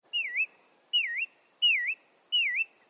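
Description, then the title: Bristle-thighed Curlew giving clear whistled calls, each dipping and rising again, repeated four times at roughly even intervals. "Alaska Part 6 Bristle-thighed Curlew"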